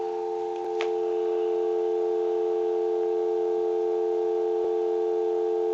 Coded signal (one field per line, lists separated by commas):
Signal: telephone call progress tone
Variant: North America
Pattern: dial tone